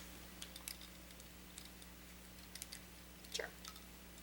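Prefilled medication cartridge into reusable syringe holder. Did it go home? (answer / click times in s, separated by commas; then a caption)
no / none. A prefilled medication cartridge syringe is handled as it is placed into its reusable plastic injector holder, producing a few light ticks and rustles over a steady low hum. Nothing has seated or clicked into place yet.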